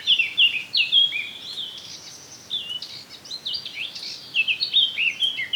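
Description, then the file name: Eurasian blackcap song, continuous rich warbling with clear whistled notes and scratchy twitters, rising and falling in loudness throughout. "Sylvia atricapilla"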